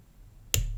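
While an Ingersoll Impregnable 700 Series half-shrouded shackle lever padlock is being lever picked, lever 5 is lifted and lever 4 is set. After a quiet stretch with only a faint low hum, a sharp, loud click rings out at 0.5 s as the shackle pops open from the lock body, followed by a brief low-frequency rumble. The lock is released.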